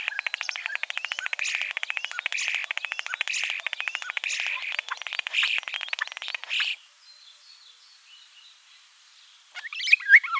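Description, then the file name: Common starling rattle: a long, fast train of clicks lasting about seven seconds, then a pause and a brief squeaky phrase. "Skvorec obyknovennyj Sturnus vulgaris"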